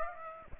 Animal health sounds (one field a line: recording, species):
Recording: mosquito wingbeat signal from an infrared sensor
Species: Aedes aegypti